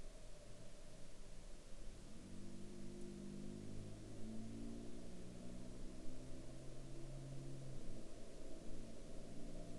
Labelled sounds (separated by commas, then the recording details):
car
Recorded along the Dempster Highway, Canada, on 28 April 2020 at 10:06
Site 12